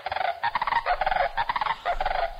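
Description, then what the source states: Sandhill Crane calls: rolling, rattling trumpet-like notes in several overlapping bursts, with no other clear sounds. Played to close a radio segment on the Festival of the Cranes in New Mexico.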